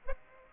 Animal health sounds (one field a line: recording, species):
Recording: mosquito wingbeat signal from an infrared sensor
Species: Aedes aegypti